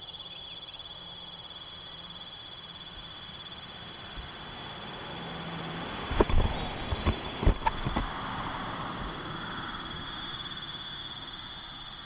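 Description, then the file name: Cicada producing a continuous piercing buzz that never pauses; a few brief knocking sounds break in around the middle. Recorded near Tzaneen. "P semiclara nr Tzaneen"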